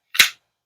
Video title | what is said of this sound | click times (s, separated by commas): TKELL KNIVES RAIDER, from the streets to the mountain, you'll be happy you have this blade! | I mean it's Clicks in there you can hear that click | 0.2 s